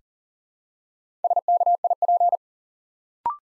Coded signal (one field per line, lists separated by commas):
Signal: Morse code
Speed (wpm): 40 wpm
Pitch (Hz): 700 Hz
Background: none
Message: SKIP